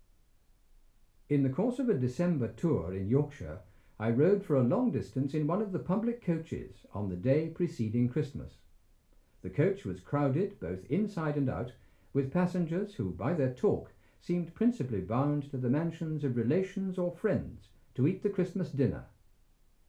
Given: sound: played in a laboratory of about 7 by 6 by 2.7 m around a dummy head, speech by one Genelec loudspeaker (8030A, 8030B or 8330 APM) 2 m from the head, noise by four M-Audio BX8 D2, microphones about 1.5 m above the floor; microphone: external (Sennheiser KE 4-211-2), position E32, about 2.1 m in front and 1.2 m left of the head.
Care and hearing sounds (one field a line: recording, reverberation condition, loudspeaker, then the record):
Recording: male speech in English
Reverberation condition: low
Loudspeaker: 30 degrees to the left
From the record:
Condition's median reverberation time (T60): about 310 ms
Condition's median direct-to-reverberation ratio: about 3.5 dB